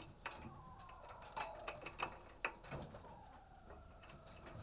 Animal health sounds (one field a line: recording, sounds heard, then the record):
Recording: poultry house recording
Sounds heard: healthy chickens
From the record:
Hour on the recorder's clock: 18